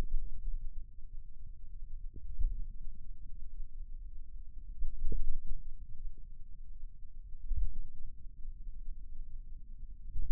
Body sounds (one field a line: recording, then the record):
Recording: forearm muscle sounds (acoustic myography)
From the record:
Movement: finger pinch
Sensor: system 2, bracelet of six BSWA MPA416 microphones around the upper forearm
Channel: 6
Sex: male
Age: 22 years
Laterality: right